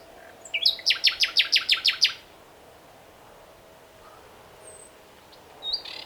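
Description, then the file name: Common nightingale song phrase: about eight rich, rapidly repeated notes, then quiet with a faint high chirp before another phrase begins. "Luscinia megarhynchos"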